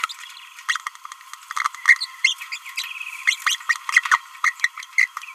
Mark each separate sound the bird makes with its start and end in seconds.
0.09-0.14, 0.68-0.78, 1.85-1.96, 2.23-2.35, 2.52-2.59, 3.27-3.37, 3.46-3.57, 4.43-4.52, 4.97-5.07